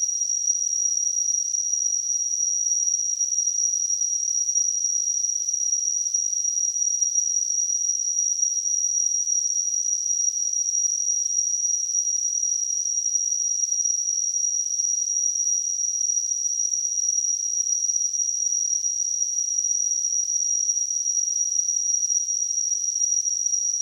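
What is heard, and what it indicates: Steady high-pitched, cricket-like tone with a faint hiss, unchanging throughout; a simulated tinnitus sound.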